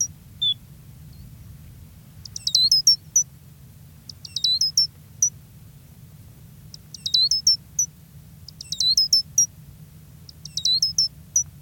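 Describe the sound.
Gray's lark calls: several bursts of high, sharp chirps with falling notes, spaced a few seconds apart, over a low continuous hum.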